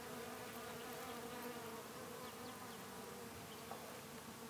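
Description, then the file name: Bees humming: a thick, even drone with steady low tones and no pauses. Recorded 6 February 2008. "20080206 Bees"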